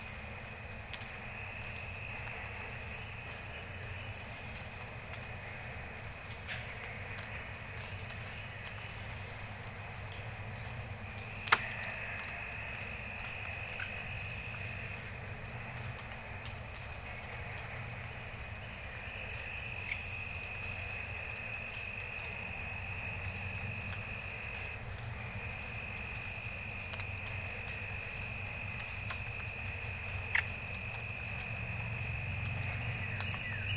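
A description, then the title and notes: Bird-voiced treefrogs call in a diffuse evening chorus that blends into a steady, unbroken whistling drone with a clear middle pitch and a thinner, brighter tone above it. A low rumble runs underneath throughout, and a few sharp clicks stand out, one near 11 seconds. Morning at Jessamine Bayou. Jessamine Bayou is a seasonally flooded forest in the heart of America's Amazon, the Mobile-Tensaw River Delta. These recordings are taken from overnight "drop rigs" left at the edge of a tributary surrounded cypress swamp and adjacent to a field of saw palmetto.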